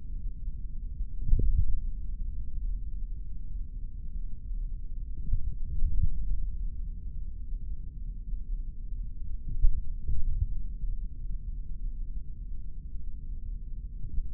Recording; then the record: forearm muscle sounds (acoustic myography)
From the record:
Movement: index flexion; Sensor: system 3, bracelet of six PUI Audio POM-2738L microphones around the upper forearm, with dedicated amplification and filtering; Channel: 2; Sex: male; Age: 26 years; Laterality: right